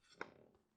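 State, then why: Seated. A plastic laptop bottom cover is pressed down around its edges onto the laptop chassis, and a clip snaps into place with a sharp, bright click at 0.2 s. The cover is seated. No one talks during the clip.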